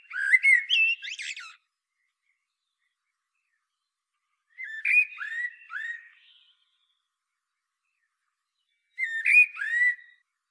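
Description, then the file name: Common blackbird singing three warbled phrases about four seconds apart, in a quiet setting. "Turdus merula"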